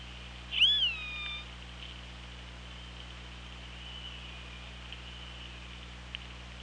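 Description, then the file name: Orca: killer whale gives one strong harmonic call that rises sharply then trails downward, followed by quiet underwater hiss and low hum. Recorded on the OrcaLab hydrophone, 24 August 2017, 18:11. "Orca Lab UTLN JASON 20170824 181144"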